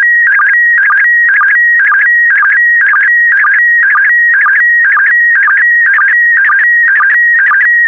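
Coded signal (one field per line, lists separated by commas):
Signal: SSTV (slow-scan television)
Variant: PD120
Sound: warbling, buzzy tone that steps between pitches, with a steady rhythmic chirp about twice a second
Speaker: get ready starting transmission in 5 4 3 2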